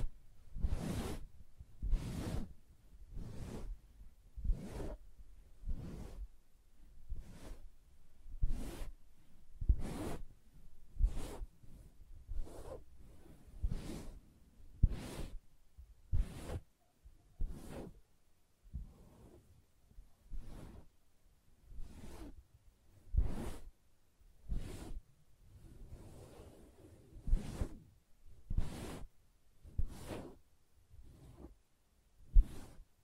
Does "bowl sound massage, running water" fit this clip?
no